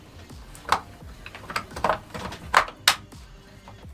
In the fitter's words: C'est bien verrouillé.